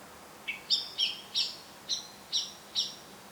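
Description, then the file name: Eurasian blackbird calling: one lower opening note, then six sharp, high chinking calls. "Turdus merula"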